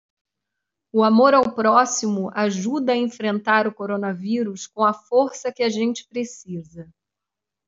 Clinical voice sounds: spoken sentence; Brazilian Portuguese; female; 30 to 39 years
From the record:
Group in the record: control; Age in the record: 38 years

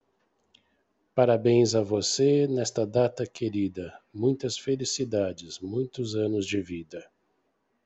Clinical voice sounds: short text; Brazilian Portuguese; male; 60 to 69 years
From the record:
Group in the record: control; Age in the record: 60 years

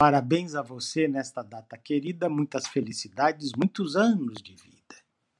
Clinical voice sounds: short text; Brazilian Portuguese; male; 60 to 69 years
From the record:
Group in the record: control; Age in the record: 62 years

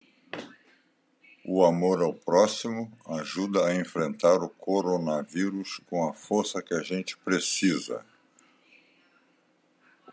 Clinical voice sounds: spoken sentence; Brazilian Portuguese; male; 80 to 89 years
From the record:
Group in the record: control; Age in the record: 83 years

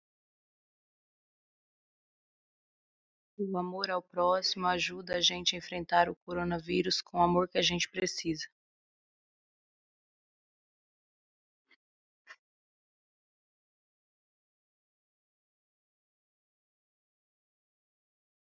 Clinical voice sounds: spoken sentence; Brazilian Portuguese; female; 30 to 39 years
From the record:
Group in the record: control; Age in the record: 38 years

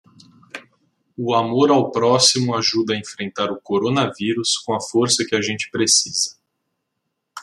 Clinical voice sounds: spoken sentence; Brazilian Portuguese; male; 20 to 29 years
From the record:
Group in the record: control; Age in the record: 27 years

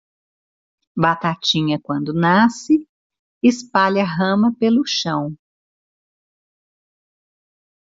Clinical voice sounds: short text; Brazilian Portuguese; female; 60 to 69 years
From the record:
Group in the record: control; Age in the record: 62 years

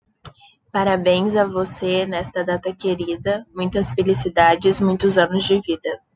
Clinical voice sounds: short text; Brazilian Portuguese; female; 20 to 29 years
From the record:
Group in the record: control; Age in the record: 23 years

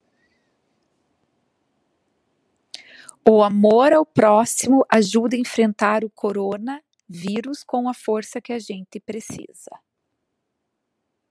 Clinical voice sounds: spoken sentence; Brazilian Portuguese; female; 40 to 49 years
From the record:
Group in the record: control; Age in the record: 41 years

